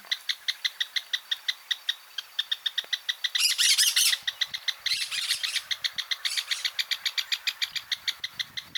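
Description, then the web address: Great xenops giving a long series of sharp, clipped notes, with brief bursts of hissy noise midway. "sound great-xenops. صدای-پرنده-درفش-نوک-بزرگ"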